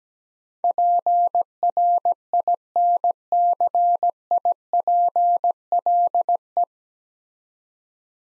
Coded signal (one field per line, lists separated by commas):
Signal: Morse code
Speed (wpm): 17 wpm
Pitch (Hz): 700 Hz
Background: none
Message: PRINCIPLE